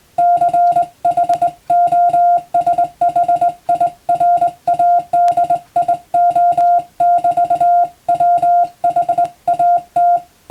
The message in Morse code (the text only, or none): CHOSHIRADIO <BT> WHAT